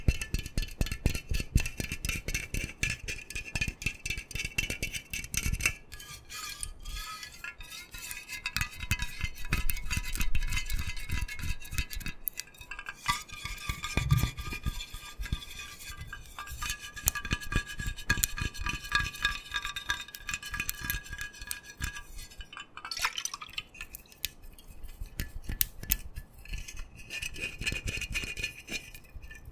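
Creams, oils and water are worked by hand, with a whisky bottle handled alongside, making a dense stream of wet, sticky clicks and squelches throughout. Bright glassy ticks come and go, with a short low knock near 14 seconds and a brief lull around 23.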